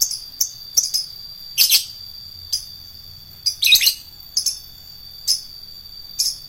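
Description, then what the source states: Lovebird calls, scattered shrill chirps and short squeaky bursts at irregular intervals, some louder and buzzier than others. Adult fighter lovebird.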